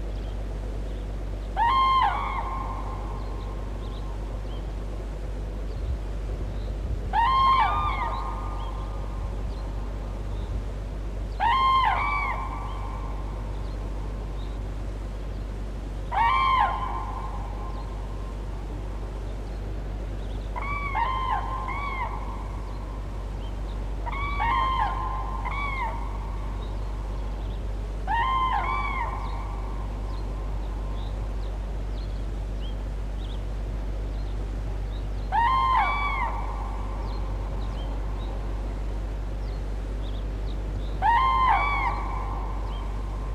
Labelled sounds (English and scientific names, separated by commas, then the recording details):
Common Crane (Grus grus) call
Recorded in the wild
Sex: pair
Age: adult
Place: Kreba, Niederlausitz, Sachsen, DE
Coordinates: 51.3578, 14.7183
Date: 1964-04-23
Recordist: Meyer, Hugo